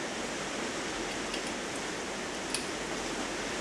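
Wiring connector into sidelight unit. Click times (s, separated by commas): 2.6 s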